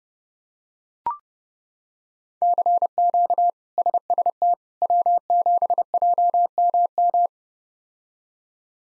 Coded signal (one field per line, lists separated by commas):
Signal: Morse code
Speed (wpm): 30 wpm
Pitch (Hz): 700 Hz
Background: none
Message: CQ SST W7JMM